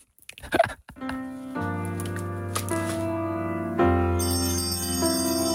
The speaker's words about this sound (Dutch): Oh, dat was heel kort. Maar dit was het belletje tijdens de mis, wilde je horen? Ja. Het geluid van je jeugd.